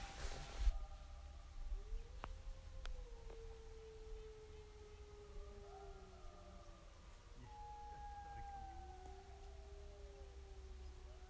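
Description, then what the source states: Wolf: wolves howling, long overlapping tones that rise then slowly fall, after a brief burst of noise at the start, with a constant low hum beneath. More than one wolf.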